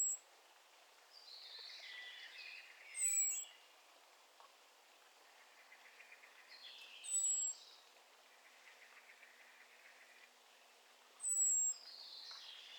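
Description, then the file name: Common blackbird giving thin, very high drawn-out calls, repeated about every four seconds, over a soft chorus of other birds' warbling. "Turdus merula"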